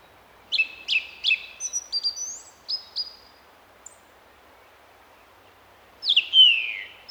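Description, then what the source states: Song thrush song: a brief note delivered three times, then squeaky high notes, a silent gap, and a harsher descending phrase at the end. Recorded in April a couple of years ago; an example of the song thrush repeating its phrases.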